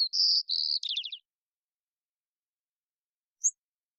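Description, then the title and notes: White-crowned sparrow song: two clear whistled notes followed by a quick series of buzzy trilled notes, then silence and one thin high chip. Songs and calls, probably an immature bird learning the song or experimenting with variation; Pacific Northwest, Washington, United States; parabolic recording. "White-crowned Sparrow, Zonotrichia leucophrys, Songs and Calls, probably an immature bird learning the song or experimenting with variation, family: New World Sparrows Recorded in the beautiful Pacific Northwest, Washington, United States"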